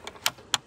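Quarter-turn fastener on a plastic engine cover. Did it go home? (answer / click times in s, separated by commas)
released / 0.5 s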